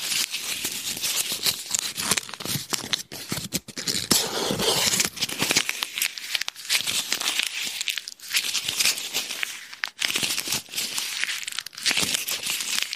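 Someone rummages through a handbag, with dense rustling, crinkling of tissues and papers, and quick clicks and knocks throughout, busiest around four to five seconds.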